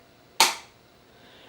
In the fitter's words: added protection for the screen you'll hear the click and then